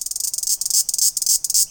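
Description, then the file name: Bush-cricket call, a very high shrill buzzing in rapid pulsed bursts with brief gaps. Recorded in Laos. "ritsikas Laoses"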